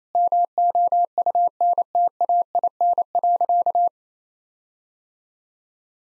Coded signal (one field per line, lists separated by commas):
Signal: Morse code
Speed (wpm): 27 wpm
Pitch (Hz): 700 Hz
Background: none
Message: MOUNTAIN.